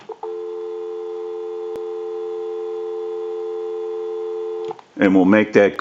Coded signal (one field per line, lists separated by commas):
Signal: telephone call progress tone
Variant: North America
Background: speech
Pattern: dial tone